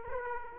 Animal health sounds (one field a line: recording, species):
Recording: mosquito wingbeat signal from an infrared sensor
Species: Aedes aegypti